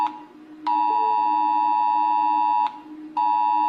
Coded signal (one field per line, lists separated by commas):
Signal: Emergency Alert System (SAME) tones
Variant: 853 and 960 Hz attention tone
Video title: idiot ranks eas alarms from different countries